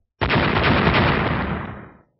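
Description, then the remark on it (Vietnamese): A loud, abrupt burst of ten successive explosions erupts into a dense, crackling roar that rumbles for nearly two seconds before fading out, with no voices present. “Liên tiếp 10 tiếng nổ chấn động tất cả tu sĩ đạo thần tông”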